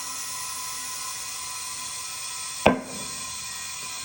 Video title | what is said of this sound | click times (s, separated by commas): How to Change ATV tires Manually the Easy Way!! | you hear it pop the other side | 2.7 s